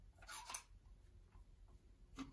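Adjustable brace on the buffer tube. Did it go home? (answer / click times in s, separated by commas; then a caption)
yes / 0.5 s, 2.2 s. An adjustable pistol brace on the buffer tube of a 9 mm AR build is slid along the tube, making a short scraping rub before it clicks into a detent at 0.5 s and again at 2.2 s. The brace has a little play but locks firmly in position.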